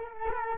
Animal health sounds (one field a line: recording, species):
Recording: mosquito wingbeat signal from an infrared sensor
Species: Culex quinquefasciatus